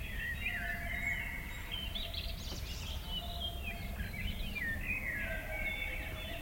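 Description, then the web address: Eurasian blackbird song, mellow fluting phrases with warbled, varied notes rising and falling, sung continuously over a low background rumble. Recorded in summer. "Yle. Luontovuosi kesa mustarastas"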